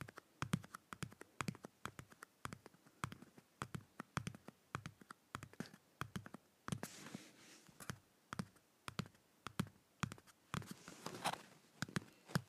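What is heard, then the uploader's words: A paper cup is drummed with quick, dry taps that run steadily through the whole twelve seconds, often in fast pairs and short clusters. Each hit is sharp and papery, with a soft hollow thump underneath. Around seven and eleven seconds a brief hissy rustle sits behind the taps. ASMR Drumming a Paper Cup.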